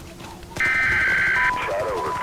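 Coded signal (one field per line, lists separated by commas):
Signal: Emergency Alert System (SAME) tones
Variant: header bursts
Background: speech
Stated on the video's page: Fictional EAS scenario.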